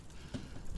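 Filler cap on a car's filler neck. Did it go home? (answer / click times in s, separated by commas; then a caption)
no / none. A filler cap is pressed down onto the filler neck of a silver 1999 Porsche 911 Cabriolet, giving a soft low thump around 0.3 s over a steady faint hiss. The cap springs back up instead of locking and will not stay secured, and its little pigtail is broken; nothing has seated or clicked.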